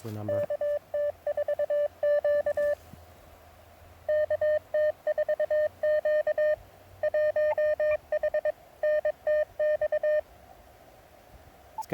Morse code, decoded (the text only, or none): KT4Q KT4Q 1H NTX